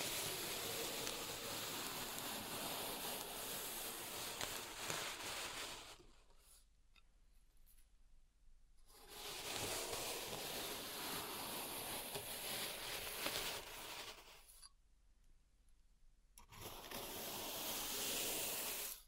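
Pink salt in a zen garden is raked in long, dense, gritty sweeps that hiss and rustle across both low and bright tones. Three sustained passes are split by quiet gaps near six and fifteen seconds, where only a faint low hum remains.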